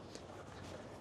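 A removable roof panel from a BMW Concept Skytop roadster concept car is pushed into its storage mount inside the car so it is held secure and won't fly around. A single short, sharp click is heard at 0.15 s over low background noise. The panel is seated in its stowage.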